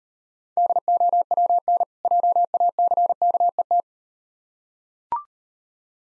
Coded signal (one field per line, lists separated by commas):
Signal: Morse code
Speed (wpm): 38 wpm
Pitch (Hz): 700 Hz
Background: none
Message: DOWN JACKET